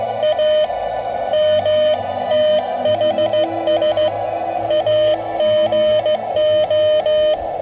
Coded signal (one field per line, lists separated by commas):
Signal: Morse code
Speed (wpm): 14 wpm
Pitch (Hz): 610 Hz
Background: radio noise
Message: A MTHS AGO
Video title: VE2/OU-012 SOTA Activation 11/24/2012 / November 2012 PBMME